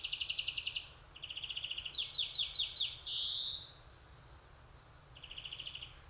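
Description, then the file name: European greenfinch with repeated rapid chirping trills, a run of rising twittered notes, and a long buzzy wheeze, followed by a softer trill. "Chloris chloris"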